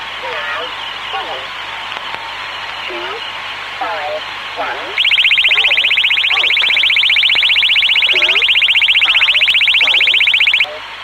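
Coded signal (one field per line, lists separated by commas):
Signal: numbers station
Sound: distorted voice over radio, then a fast rising warble, about 13 sweeps a second, drowning it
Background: radio static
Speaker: there have been instances where intelligence services on opposing sides have tried to overpower particular transmissions with nonsensical oscillations in times of geopolitical tensions the following example captures this tantalizing drama between nations playing out over the airwaves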